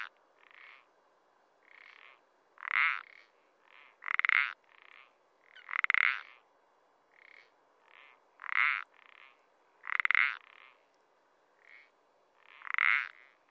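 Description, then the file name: Common parsley frog giving loud creaky croaks at uneven intervals, with softer croaks in between. "pelodyte-ponctué"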